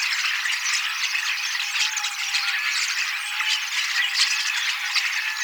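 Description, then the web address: Common starling song, thick continuous chattering of several birds, rattling and squeaking notes blending into a steady wall of sound. Young starlings singing and practising song, mimicking several other species a little; 18 October 2024. "paivat 18 10 2024 kasittaakseni kottaraisnuoret laulavat lauluharjoittelevat useita lajeja matkivat hiukan"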